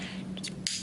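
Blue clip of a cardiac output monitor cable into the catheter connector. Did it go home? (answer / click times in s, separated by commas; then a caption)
yes / 0.7 s. A blue clip at the end of the red cable of a cardiac output monitor is slid into the catheter connector and pressed in. A steady low hum runs throughout, with soft sliding and scraping sounds around 0.4 to 0.5 seconds. A sharp click at 0.7 seconds confirms the clip has seated and the connection is secured.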